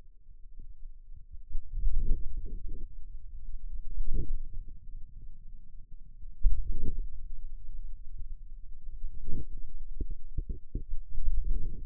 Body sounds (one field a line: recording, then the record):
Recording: forearm muscle sounds (acoustic myography)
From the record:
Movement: hand closing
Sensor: system 2, bracelet of six BSWA MPA416 microphones around the upper forearm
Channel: 6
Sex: male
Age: 22 years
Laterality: right